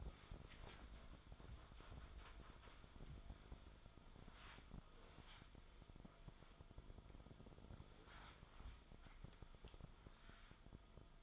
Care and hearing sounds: daily activity, microphone in the room; wipe stove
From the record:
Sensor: 5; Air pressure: 1004.9 hPa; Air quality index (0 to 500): 103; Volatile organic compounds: 2 ppm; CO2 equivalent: 1256 ppm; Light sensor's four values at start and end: 31/70/29/30 and 32/72/30/30

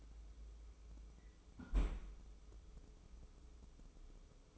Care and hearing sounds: daily activity, microphone in the room; close fridge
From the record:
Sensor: 1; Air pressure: 995.3 hPa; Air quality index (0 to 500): 25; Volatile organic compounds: 0 ppm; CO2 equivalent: 501 ppm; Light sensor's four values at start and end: 18/60/22/24 and 18/60/22/24

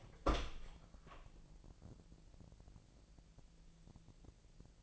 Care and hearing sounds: daily activity, microphone in the room; open door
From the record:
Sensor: 5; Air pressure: 1001.3 hPa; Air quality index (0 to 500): 249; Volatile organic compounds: 35 ppm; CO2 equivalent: 3068 ppm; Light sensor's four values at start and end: 37/86/34/33 and 37/85/34/33

